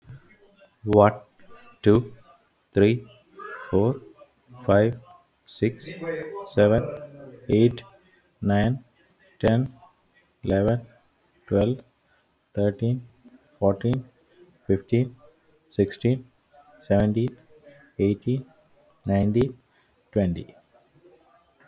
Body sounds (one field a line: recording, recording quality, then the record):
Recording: counting at a normal pace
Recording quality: excellent, no background noise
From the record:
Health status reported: healthy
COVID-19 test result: not tested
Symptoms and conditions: none ticked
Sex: male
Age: 39 years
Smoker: not ticked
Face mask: not worn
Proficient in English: yes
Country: India